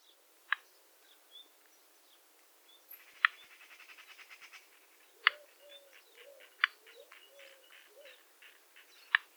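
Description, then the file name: Common nightingale giving several sharp notes at irregular intervals, with a fast pulsed trill in the middle, scattered higher notes and soft low notes beneath. "Luscinia megarhynchos"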